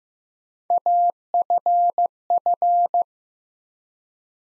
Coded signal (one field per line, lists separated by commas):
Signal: Morse code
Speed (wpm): 15 wpm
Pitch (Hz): 700 Hz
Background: none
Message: AFF